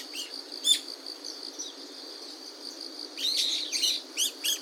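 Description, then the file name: Brown-eared bulbul giving harsh, squealing calls, a single note early and then a burst of several strident notes, over a steady high insect hum. Recorded at Hino on 2021-10-06. "hiyodori hino"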